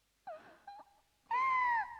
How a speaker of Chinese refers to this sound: 现在费尔奇不再吼叫了，他们听见淘金娘的哭喊声在盥洗室的四壁间回荡。